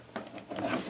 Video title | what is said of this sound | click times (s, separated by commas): Hoover PowerDash Cleaner not picking up quick fix! | once you do that make sure you stick it back down inside this hole you should like a little click | 0.2 s